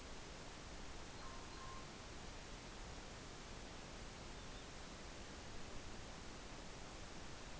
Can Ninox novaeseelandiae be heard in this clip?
no